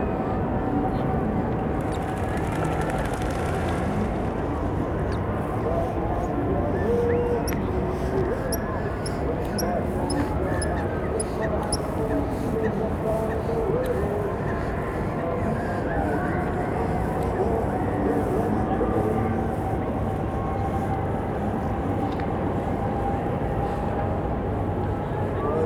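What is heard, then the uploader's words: A busy funfair carries across a lake as a steady, dense wash of distant crowd voices and machinery. A constant mid-pitched ride hum runs underneath throughout, and faint high electronic beeps chirp briefly between about seven and twelve seconds. City park funfair. Captured early in the early evening in a city centre park. Across the lake, there is a large funfair which is being well attended. Steam is rising from the funfair as the temperature drops and people pack the place.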